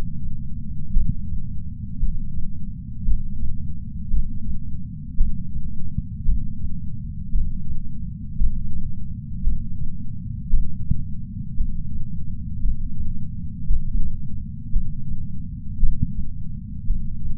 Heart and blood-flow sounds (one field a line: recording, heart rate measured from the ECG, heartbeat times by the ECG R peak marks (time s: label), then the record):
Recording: heart sounds by patch sensor on the chest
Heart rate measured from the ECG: 56 bpm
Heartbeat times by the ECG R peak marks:
0.93 s: heartbeat
1.99 s: heartbeat
3.05 s: heartbeat
4.10 s: heartbeat
5.17 s: heartbeat
6.25 s: heartbeat
7.31 s: heartbeat
8.38 s: heartbeat
9.43 s: heartbeat
10.50 s: heartbeat
11.57 s: heartbeat
12.62 s: heartbeat
13.67 s: heartbeat
14.72 s: heartbeat
15.80 s: heartbeat
16.86 s: heartbeat
From the record:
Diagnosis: coronary artery disease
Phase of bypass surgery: intraoperative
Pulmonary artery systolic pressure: 30 mmHg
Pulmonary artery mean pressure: 21 mmHg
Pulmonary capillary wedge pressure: 19 mmHg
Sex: male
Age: 57 years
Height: 183 cm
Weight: 85 kg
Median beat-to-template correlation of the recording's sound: 0.88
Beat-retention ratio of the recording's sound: 1.00